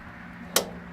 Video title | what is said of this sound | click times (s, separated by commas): CHALLENGER DESIGNS OUTDOOR KITCHEN INSTALLATION | on both sides just push it in and you'll hear a click because it's going to go past that catch just | 0.6 s